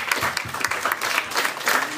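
An audience applauds steadily for a returning guest, a dense wash of many hands clapping at an even loudness for a couple of seconds, with no clear voices standing out.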